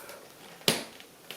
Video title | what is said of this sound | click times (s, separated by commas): How to wash Baby Jogger City Elite 2 (Remove & Put on Fabrics) | and you can hear it click out | 0.7 s